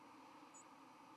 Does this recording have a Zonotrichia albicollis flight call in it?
no